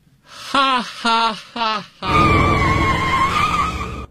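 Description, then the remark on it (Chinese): Three quick voiced cries give way to a loud, sustained tire screech lasting about two seconds, a steady high squeal over rumbling noise, cut off by a sudden sharp burst at the end. “我刚出门就让汽车给撞了，哎哎呦，看看，哎呦，我腿都折了”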